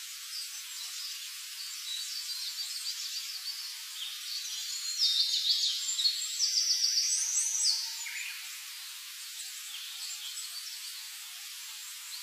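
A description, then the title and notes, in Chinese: Early-morning birdsong: thin, high chirps and trills over a steady hiss, with a louder burst of rapid calls between five and eight seconds. 清晨鸟鸣声。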